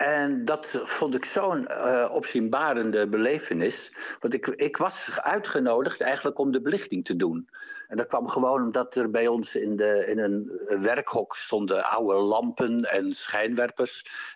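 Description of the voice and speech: An adult man speaks Dutch fluently in a clear, ordinary voice, with brief natural hesitations while recalling a memory.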